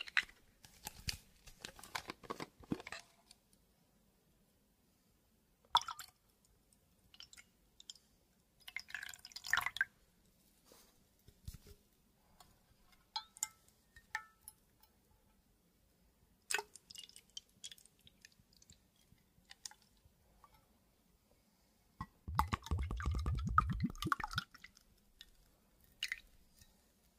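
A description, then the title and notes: Water and liquid sounds in a glass, mostly scattered drips and splashes that come in short irregular bursts with quiet gaps between them. A fuller, lower pour swells in around 22 to 25 seconds. A faint low hum sits underneath throughout. WATER Pouring Liquid Glass Sounds.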